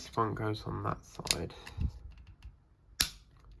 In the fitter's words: Ah, there we go. That was that side. See that click? That's what you want.